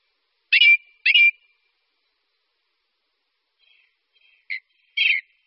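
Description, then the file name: Ring ouzel singing two strong piping notes close together, then a long gap with faint soft notes before two more brief notes at the end. "Kos-horský"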